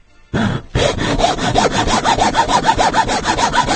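A hand saw cutting through wood: loud, steady back-and-forth strokes with a raspy, grinding texture, repeating in a quick even rhythm after a brief opening burst, with no voices.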